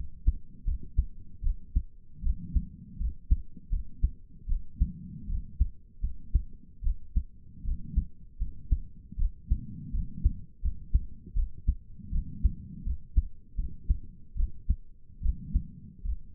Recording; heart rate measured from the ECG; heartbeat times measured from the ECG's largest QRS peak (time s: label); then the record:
heart sounds by stethoscope; 78 bpm
0.65 s: heartbeat
1.43 s: heartbeat
2.23 s: heartbeat
2.99 s: heartbeat
3.71 s: heartbeat
4.48 s: heartbeat
5.28 s: heartbeat
6.02 s: heartbeat
6.83 s: heartbeat
7.64 s: heartbeat
8.39 s: heartbeat
9.18 s: heartbeat
9.93 s: heartbeat
10.62 s: heartbeat
11.35 s: heartbeat
12.11 s: heartbeat
12.85 s: heartbeat
13.57 s: heartbeat
14.36 s: heartbeat
15.22 s: heartbeat
16.04 s: heartbeat
From the record:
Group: healthy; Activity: rest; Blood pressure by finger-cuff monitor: 92/60 mmHg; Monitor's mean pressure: 72 mmHg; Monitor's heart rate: 79 bpm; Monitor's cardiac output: 6.4 L/min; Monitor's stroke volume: 80 mL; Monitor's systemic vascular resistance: 820 dyn s/cm5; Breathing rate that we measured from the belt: 24 breaths a minute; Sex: female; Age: 22 years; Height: 163 cm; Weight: 67.1 kg